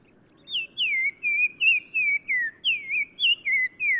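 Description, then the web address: Black-crowned tchagra whistled song: a run of about ten clear whistles, each sliding down or wavering, in quick succession after a brief quiet start. Recorded in Morocco. "Black-crowned Tchagra. new sound approach title morocco"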